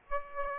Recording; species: mosquito wingbeat signal from an infrared sensor; Aedes aegypti